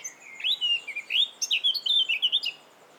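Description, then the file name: Eurasian blackcap singing a rich, fluty warble of short whistled notes, rising and falling in a fast series for about two seconds. "Sylvia atricapilla"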